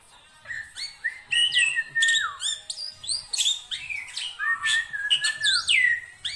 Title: Kicauan Rapat Jalak Putih Gacor Banyak Variasi Untuk Masteran